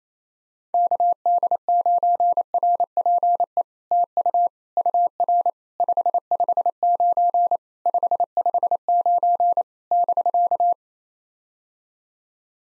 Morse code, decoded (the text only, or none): KD9RPE TU UR 559 559 <BK>